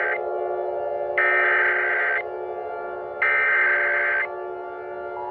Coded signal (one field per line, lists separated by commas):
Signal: Emergency Alert System (SAME) tones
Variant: header bursts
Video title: EAS Scenario #4 The 450 MPH Tornado